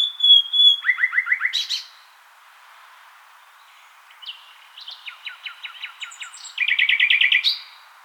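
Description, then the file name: Common nightingale singing: a pure whistle leading into fast repeated notes, a quiet gap, then rapid trills of identical notes ending in a loud rattling series. "Luscinia megarhynchos"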